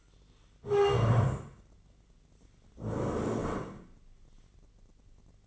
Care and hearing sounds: daily activity, microphone in the room; stand up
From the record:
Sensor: 4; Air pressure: 1013.2 hPa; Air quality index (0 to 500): 174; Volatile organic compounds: 2 ppm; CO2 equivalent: 1098 ppm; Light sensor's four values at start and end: 49/120/51/54 and 49/120/51/54

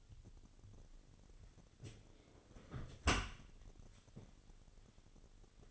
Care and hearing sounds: daily activity, microphone in the room; close dishwasher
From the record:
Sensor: 4

